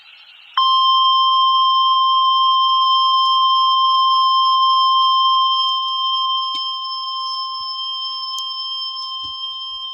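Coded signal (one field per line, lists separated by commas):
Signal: Emergency Alert System (SAME) tones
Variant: 1050 Hz attention tone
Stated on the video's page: Severe thunderstorm and tornado warnings for Arkansas received from NOAA weather radio station.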